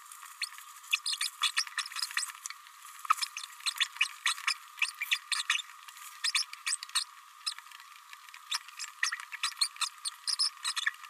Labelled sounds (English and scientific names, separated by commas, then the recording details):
Green-rumped Parrotlet (Forpus passerinus) babbling
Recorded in a nest box in Venezuela
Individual 18B104A5